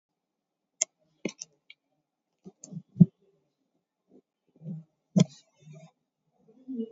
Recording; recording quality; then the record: shallow breathing; poor, much background noise or distortion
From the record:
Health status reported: COVID-19 positive, moderate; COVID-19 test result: positive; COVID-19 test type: RT-PCR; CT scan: not taken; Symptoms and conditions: cough, cold, sore throat, fever, muscle pain, loss of smell and taste, diarrhoea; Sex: male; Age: 37 years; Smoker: no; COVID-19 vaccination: one dose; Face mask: worn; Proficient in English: yes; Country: India